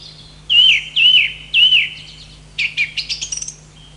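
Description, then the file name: Song thrush song with one slurred whistled phrase repeated three times, followed by a quick run of thin, chattering high notes. "drozd pevchij"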